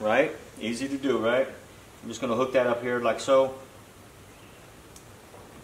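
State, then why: Seated. Someone talks, then pushes the blue wire connector on the battery lead of a Game Winner 225 lb round feeder into its blue plastic mate on the feeder motor wiring. A small click is heard at 4.9 s, and the connector is seated.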